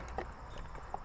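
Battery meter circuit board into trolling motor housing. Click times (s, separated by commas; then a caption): 0.9 s. A replacement battery meter circuit board is pushed gently into its slot in the head of a Minn Kota Terrova trolling motor. A faint tap at 0.2 s is followed by a short, sharp click at 0.9 s as the board seats in place.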